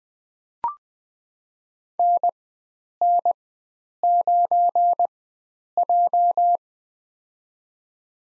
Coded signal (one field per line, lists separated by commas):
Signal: Morse code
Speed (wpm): 20 wpm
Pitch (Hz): 700 Hz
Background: none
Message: NN9J